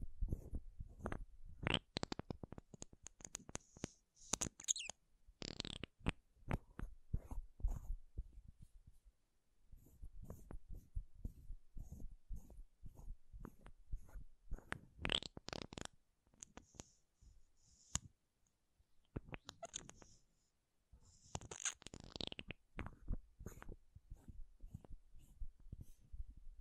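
Makeup tapping and scratching: dense bursts of quick, irregular taps and soft scrapes, mostly low and muffled, with brighter scratchy strokes around 2, 5, 15 and 22 seconds. A near-silent pause falls around 9 seconds before the tapping resumes.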